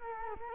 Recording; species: mosquito wingbeat signal from an infrared sensor; Culex quinquefasciatus